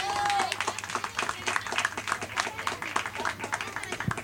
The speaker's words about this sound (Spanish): Se sienta acá la tía, un aplauso fuerte para la tía.